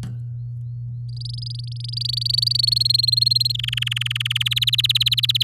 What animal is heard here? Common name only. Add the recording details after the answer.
Domestic Canary. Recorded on 6 May 2018 at 09:44. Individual llb16